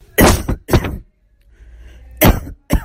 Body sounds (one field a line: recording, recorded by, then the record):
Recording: voluntary cough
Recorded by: messaging app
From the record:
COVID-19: negative